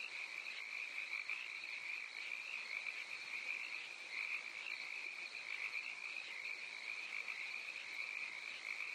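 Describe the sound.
Crickets calling in a dense, steady chorus, a continuous shrill trill with faint pulsing that never pauses throughout.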